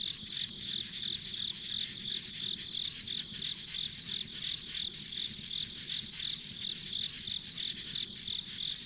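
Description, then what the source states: Insects chirp in a regular high pulse, roughly three a second, above a steady shrill background hiss. Ambient insect sounds on a rural country road.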